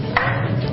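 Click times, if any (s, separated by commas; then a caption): 0.2 s. A RAM module is pressed down into a motherboard DIMM memory slot until the retaining clips lock. A single short, sharp click sounds at 0.2 s over a steady low hum, and the module is seated.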